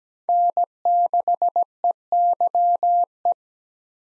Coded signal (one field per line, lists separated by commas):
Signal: Morse code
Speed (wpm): 17 wpm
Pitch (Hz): 700 Hz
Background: none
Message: N6EYE